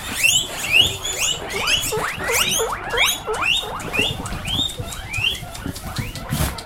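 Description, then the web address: Guinea pig giving shrill whistled squeals that swoop up and down, repeated about twice a second without pause. "innslag marsvin"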